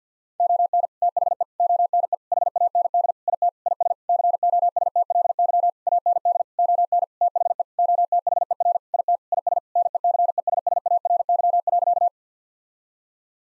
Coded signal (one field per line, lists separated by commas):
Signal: Morse code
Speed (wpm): 50 wpm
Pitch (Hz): 700 Hz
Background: none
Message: ON THE ONE HAND IT IS COSTLY AND ON THE OTHER IT IS NECESSARY.